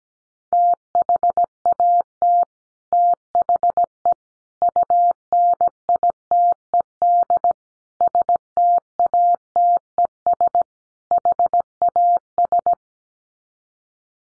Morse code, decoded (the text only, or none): THAT THE UNITED STATES HAS